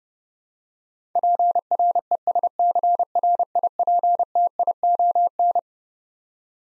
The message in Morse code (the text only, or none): PRESCRIPTION